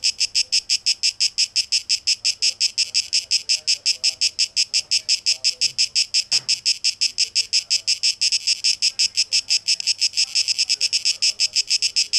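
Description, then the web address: Cicada song with sharply throbbing pulses of high buzz, very regular, and a short click midway. Tape echo mix, recorded 12 August 2023. "Audio 2023-08-12 Zikaden"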